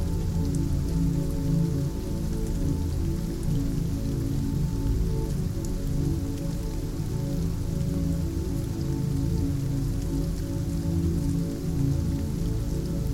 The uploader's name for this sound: Nature Raining Sounds